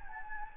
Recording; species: mosquito wingbeat signal from an infrared sensor; Anopheles gambiae